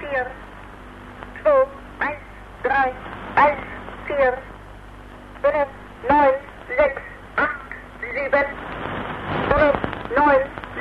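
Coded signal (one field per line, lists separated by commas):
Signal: numbers station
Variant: East German, German language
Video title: East German Numbers Station (1977)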